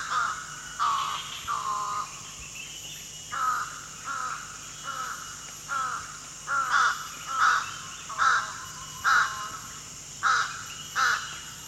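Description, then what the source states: Slender-billed Crow giving harsh, nasal caws in an irregular series, roughly one call a second, with a faint constant low hum behind. Recorded at Danum, Borneo, on 1 July 2008.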